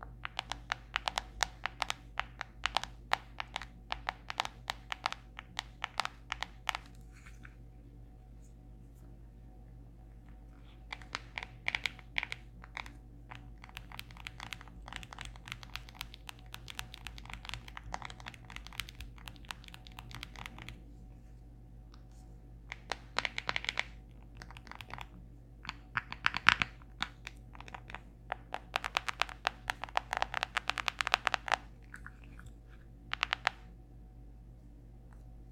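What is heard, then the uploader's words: Quick, light tapping on a cellphone screen and case comes in bursts of rapid clicks, with pauses around 7 to 11 seconds and again near 21 and 34 seconds. The taps are crisp over a steady low hum. Phone Tapping ASMR (no speaking). In this week`s ASMR video I am tapping on my cellphone (screen and phone case).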